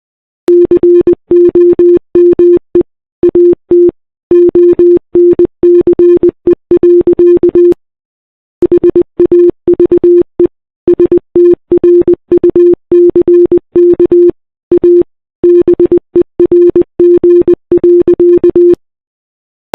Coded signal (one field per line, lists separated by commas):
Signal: Morse code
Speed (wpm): 20 wpm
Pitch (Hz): 350 Hz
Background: none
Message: COME AT ONCE. HAVE STRUCK A BERG.